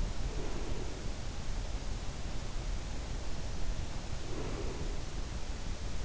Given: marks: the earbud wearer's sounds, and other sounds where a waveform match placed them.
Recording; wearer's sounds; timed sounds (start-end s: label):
sounds in sleep by an in-ear microphone; breath
0.00-1.22 s: breath
4.19-5.45 s: breath